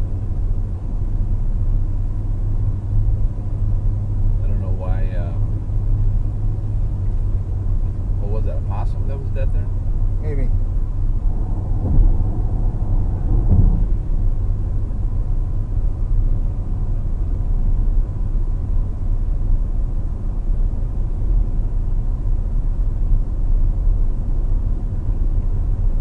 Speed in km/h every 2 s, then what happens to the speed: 127, 127, 127, 127, 127, 129, 129, 129, 129, 129, 129, 129, 129.
0-26 steady at about 129.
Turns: none.